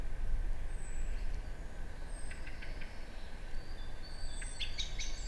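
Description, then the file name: Eurasian wren giving short, dry ticking calls in two loose bursts, with thin high whistles over steady low rumbling noise. "Troglodytes troglodytes"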